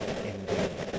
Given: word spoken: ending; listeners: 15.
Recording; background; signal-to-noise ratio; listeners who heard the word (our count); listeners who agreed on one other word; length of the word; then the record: one English word in noise, from a listening test; noise modulated by three-talker babble; -6.3 dB; 2 of 15; 6 of 15; 0.59 s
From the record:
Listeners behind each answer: 6, 2, 1, 1, 1, 1, 1, 1, 1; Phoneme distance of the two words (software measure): 30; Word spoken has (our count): 2 syllables, 5 phonemes, stress on syllable 1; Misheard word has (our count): 2 syllables, 5 phonemes, stress on syllable 2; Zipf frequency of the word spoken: 4.34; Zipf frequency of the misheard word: 5.11